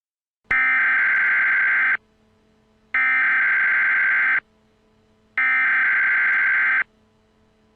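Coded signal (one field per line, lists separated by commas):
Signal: Emergency Alert System (SAME) tones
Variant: header bursts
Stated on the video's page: Fictional EAS scenario.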